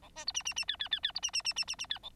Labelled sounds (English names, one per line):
Bengalese Finch song